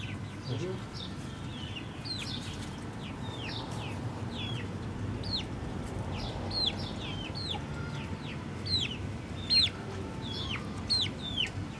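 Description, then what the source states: Chicken chicks cheeping busily, many high, sharply falling peeps overlapping in quick succession throughout, over a low background hum. Hens and chicks in the chicken house of the Atelier 34zero museum garden, Jette, Brussels, Belgium; recorded with DPA 4060 microphones in AB position into a Zoom F3.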